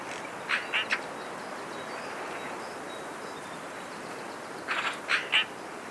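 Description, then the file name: Eurasian magpie uttering rough, rasping chack notes in two brief bursts, separated by a few seconds of steady background hiss. "Pica pica"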